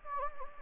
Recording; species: mosquito wingbeat signal from an infrared sensor; Anopheles gambiae